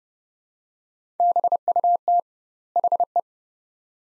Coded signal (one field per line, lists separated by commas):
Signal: Morse code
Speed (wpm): 30 wpm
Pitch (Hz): 700 Hz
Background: none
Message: BUT HE